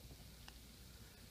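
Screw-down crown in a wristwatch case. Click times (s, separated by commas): 0.5 s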